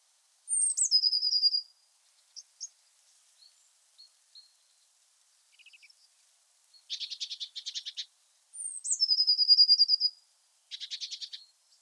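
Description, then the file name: Eurasian blue tit singing high sliding whistles that break into a rapid trill, twice, with soft scattered chips in between and buzzy scolding bursts just before and just after the second. "Cyanistes caeruleus"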